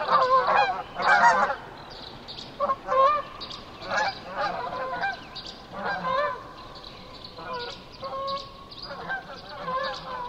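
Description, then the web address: Canada goose: canada geese giving loud honks in bursts, a strong cluster early then further spaced honks and shorter calls throughout. Recorded 19 May 2007 at 04:55. "ear jh 070519-0455 can-geese"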